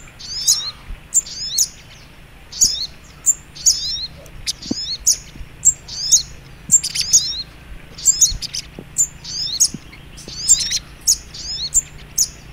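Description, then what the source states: Little Spiderhunter song: high, sharp twittering phrases with short slurred notes, repeated roughly once a second over a faint low hum. Training recording (masteran).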